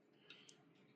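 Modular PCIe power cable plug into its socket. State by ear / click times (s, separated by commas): seated / 0.3 s, 0.5 s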